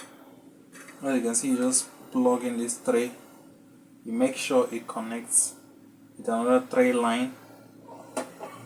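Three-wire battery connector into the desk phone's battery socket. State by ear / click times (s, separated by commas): seated / 8.2 s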